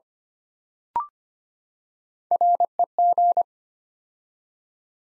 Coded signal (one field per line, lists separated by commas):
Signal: Morse code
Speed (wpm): 25 wpm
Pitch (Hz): 700 Hz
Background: none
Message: REG